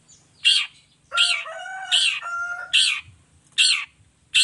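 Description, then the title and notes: Long-tailed shrike giving harsh rasping notes repeated several times, with a drawn-out, lower tonal sound in the middle. Singing in the morning; song with 'toet toet' variation, described as clear-voiced, fully varied and easy for any long-tailed shrike to imitate. "Cendet Gacor Dor Di Kala Pagi Toet Toet Variasi Suara. Cendet Gacor Suara Jernih Full Variasi Sangat Mudah Di Tiru Cendet Jenis Apapun. Burung cendet"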